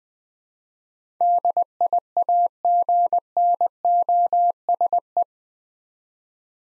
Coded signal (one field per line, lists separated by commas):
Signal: Morse code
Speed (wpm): 20 wpm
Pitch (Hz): 700 Hz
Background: none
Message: DIAGNOSE